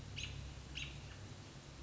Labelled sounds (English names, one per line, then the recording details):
American Robin
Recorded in Sonoma County, California